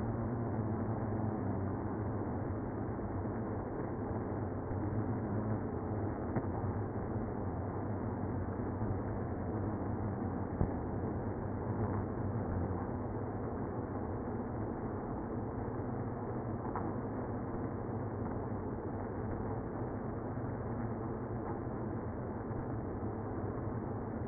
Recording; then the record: honeybee colony, microphone inside the hive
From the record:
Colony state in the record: queenless (queen removed); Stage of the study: after two queens were removed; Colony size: about 60,000 bees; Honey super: yes